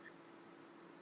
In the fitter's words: it down until it goes click.